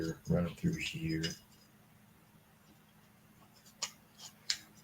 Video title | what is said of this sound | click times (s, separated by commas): Weekly Workshop- My Personal Subversion Lightsaber with Proffie | push the chassis up here it snaps in that sounds really good | 4.5 s